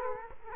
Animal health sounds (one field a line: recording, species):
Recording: mosquito wingbeat signal from an infrared sensor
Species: Culex quinquefasciatus